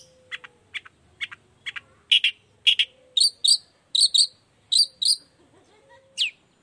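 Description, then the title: Long-tailed shrike song: short scratchy double notes, then several high, clearer paired chirps, ending in a single sweeping note. Singing in the morning with toet toet variations; used as a lure to prompt other shrikes to reply. "Cendet Gacor Dor Di Kala Pagi Toet Toet Variasi Suara. Cendet Gacor Efektif Pancingan Buat Cendet Jenis Apapun Agar Cepat Nyaut Buka Paruh"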